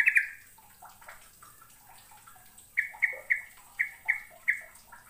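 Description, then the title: Bird chirps, a quick burst at the start, then six sharp high notes in a quick series, with softer lower twitters around them. "Kicau Burung"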